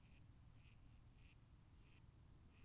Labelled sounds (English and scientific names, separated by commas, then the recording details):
Mallard (Anas platyrhynchos)
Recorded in Germany
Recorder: ecoPi